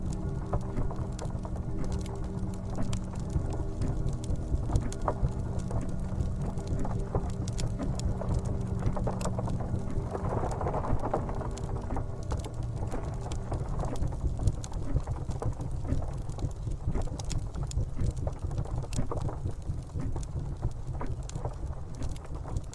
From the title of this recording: Grandfather Clock Ticking w/ Periodic Chimes Next to Fireplace & Rain in The Background